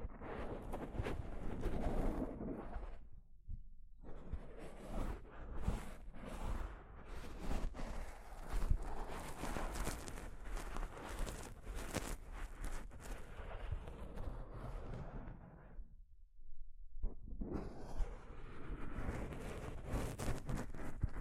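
Soft fabric brushes against a microphone in a dense, rustling scrape that keeps shifting in strength, with a low rumble under the hiss. Two short breaks interrupt it, just before 4 seconds and around 16 to 17 seconds, before the brushing resumes.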